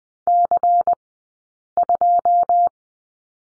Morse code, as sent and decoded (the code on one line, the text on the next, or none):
-.-. ..---
C2